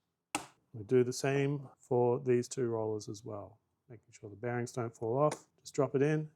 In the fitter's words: you just kind of push that in place and then push down on both edges until you hear it click.